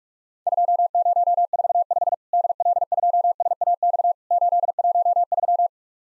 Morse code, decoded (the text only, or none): 2045 DL2SAX 813